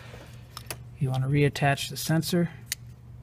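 A wiring connector is handled near the intake air sensor during an intake install on a 2015 Fiat Abarth. Someone talks over a few brief sharp taps of handling. The connector has not seated or clicked yet.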